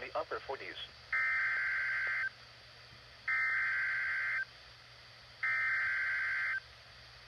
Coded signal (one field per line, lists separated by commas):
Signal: Emergency Alert System (SAME) tones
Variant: header bursts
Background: speech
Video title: Severe Thunderstorm Warning #8 (EAS #115)